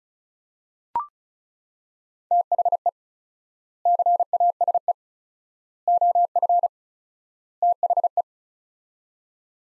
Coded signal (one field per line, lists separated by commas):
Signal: Morse code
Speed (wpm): 36 wpm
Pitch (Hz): 700 Hz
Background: none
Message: THE CASE OF THE